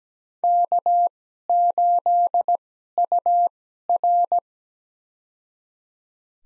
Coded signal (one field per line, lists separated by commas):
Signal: Morse code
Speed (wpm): 17 wpm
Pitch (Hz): 700 Hz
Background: none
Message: K8UR